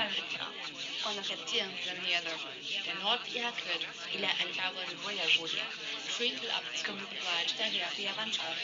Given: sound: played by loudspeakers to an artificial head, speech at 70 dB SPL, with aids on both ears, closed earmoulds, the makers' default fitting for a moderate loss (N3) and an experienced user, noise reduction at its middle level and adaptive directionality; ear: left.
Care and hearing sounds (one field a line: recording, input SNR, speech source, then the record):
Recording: speech test signal (ISTS) in cocktail-party noise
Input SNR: +3 dB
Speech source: in front (0 degrees)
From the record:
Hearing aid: class 1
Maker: G